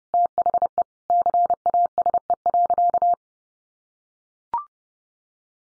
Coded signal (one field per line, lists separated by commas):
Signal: Morse code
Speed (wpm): 30 wpm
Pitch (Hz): 700 Hz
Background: none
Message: THE CASE.